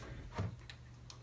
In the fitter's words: now I'm just gonna pop it on you'll hear a tiny click barely